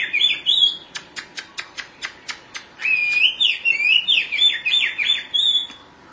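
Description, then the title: Oriental magpie-robin song: a brief warble, then a rapid series of sharp clicking notes, then a fluent run of varied whistles and warbles. Chirping song (kicauan) of the bird. "Suara Kicauan Burung Kacer"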